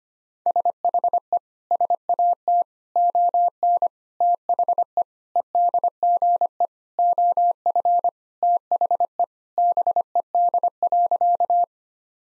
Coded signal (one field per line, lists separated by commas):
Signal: Morse code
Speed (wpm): 25 wpm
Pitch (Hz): 700 Hz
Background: none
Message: SHE SAT ON THE EDGE OF THE BED.